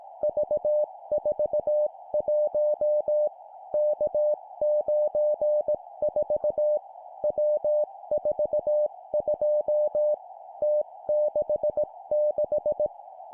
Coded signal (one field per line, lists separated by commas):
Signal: Morse code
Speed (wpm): 18 wpm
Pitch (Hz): 600 Hz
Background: music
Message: V41 K94 W42 T66